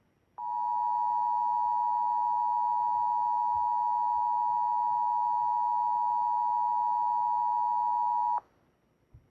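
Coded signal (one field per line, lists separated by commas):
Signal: Emergency Alert System (SAME) tones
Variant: 853 and 960 Hz attention tone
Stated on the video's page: Fictional EAS scenario, not a real alert.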